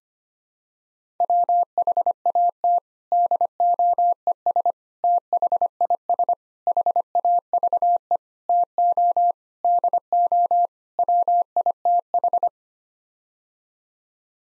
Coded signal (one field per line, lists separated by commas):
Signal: Morse code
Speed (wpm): 25 wpm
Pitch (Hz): 700 Hz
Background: none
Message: WHAT DOES THIS HAVE TO DO WITH